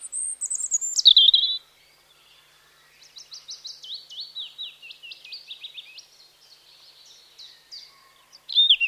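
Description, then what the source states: European robin song opening with a high, thin, falling whistled phrase, followed by a quieter run of repeated descending notes, then a fresh high phrase. Spring and summer song.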